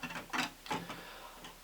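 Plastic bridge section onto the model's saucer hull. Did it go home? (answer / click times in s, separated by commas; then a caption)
no / none. The plastic bridge section of a Mega Bloks Enterprise building-brick starship model, which comes off too easily, is pressed onto the model's saucer hull, making a few small plastic contact taps around 0.0 s and 0.7 s. Nothing has seated or clicked into place yet.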